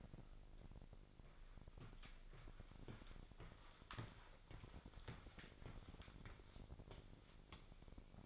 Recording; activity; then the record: daily activity, microphone in the room; walk to room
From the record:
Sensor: 5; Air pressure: 999.5 hPa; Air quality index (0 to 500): 220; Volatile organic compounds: 20 ppm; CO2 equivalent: 2697 ppm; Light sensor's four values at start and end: 35/81/32/31 and 32/73/30/29